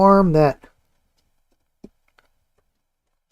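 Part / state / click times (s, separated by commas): PC component into case or motherboard / seated / 2.2 s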